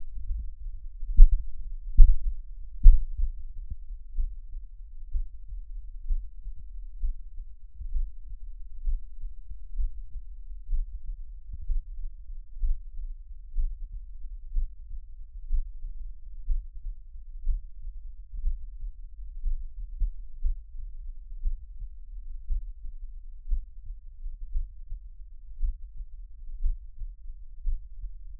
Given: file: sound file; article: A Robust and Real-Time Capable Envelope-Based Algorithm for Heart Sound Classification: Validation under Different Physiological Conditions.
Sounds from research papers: heart sounds by electronic stethoscope; rest; normal; sitting; sternum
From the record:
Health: healthy, no known heart disease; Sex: male

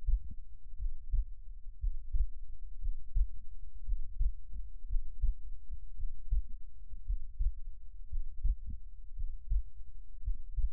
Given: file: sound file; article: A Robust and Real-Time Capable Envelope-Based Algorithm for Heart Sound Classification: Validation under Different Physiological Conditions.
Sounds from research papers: heart sounds by electronic stethoscope; rest; normal; lying on right side; Erb’s point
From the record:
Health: healthy, no known heart disease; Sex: male

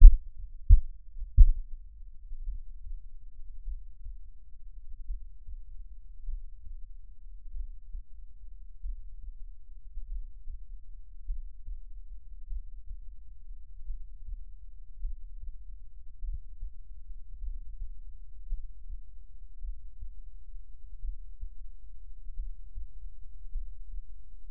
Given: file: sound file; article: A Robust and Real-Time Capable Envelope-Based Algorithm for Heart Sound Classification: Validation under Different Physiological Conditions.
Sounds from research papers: heart sounds by electronic stethoscope; rest; normal; lying on left side; Erb’s point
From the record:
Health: healthy, no known heart disease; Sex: male

